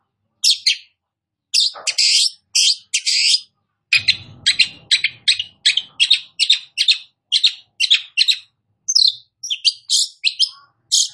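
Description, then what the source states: Long-tailed shrike song: a lively run of short, harsh, buzzy notes in rapid bursts, with a brief low rumbling noise near the middle. Described as 'gacor', meaning singing vigorously.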